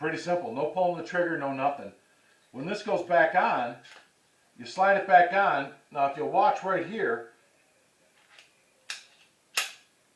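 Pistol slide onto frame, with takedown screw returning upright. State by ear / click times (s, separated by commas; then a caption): seated / 8.9 s, 9.6 s. Someone talks while the slide of a small Taurus Spectrum .380 ACP pistol is slid back onto its metal frame during reassembly. Two sharp metallic clicks follow at 8.9 s and 9.6 s as the slide seats and the takedown screw, which had been turned horizontal to take the slide off, springs back upright to vertical.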